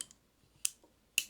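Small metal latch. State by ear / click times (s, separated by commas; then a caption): released / 0.7 s, 1.2 s. The lock button on a metal Roxon Phantom folding multitool is pressed to release its locked implement, which is then folded closed. Two loud, sharp clicks ring out at 0.7 and 1.2 seconds after faint ticks at the start. The implement lock releases.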